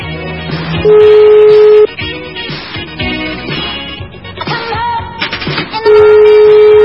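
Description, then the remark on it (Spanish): Long, steady telephone tones sound loudly in separate stretches, each held for about a second, over a busy musical background, with a brief higher beep in between. “Estamos con el teléfono de la plata.”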